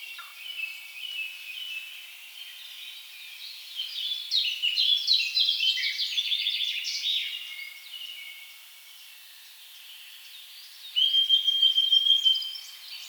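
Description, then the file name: Eurasian blackcap song, a long scratchy warble swelling in the middle, then a loud burst of fast repeated notes near the end. "Sylvia atricapilla"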